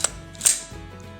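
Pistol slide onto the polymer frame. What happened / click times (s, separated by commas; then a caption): The slide clicked home on the frame / 0.1 s. During reassembly of a Glock 21 .45 caliber pistol, the slide is pushed back onto the polymer frame and snaps home with a sharp click at 0.1 s. A softer, broader mechanical sound follows around 0.4–0.5 s. The slide is seated and locked on the frame.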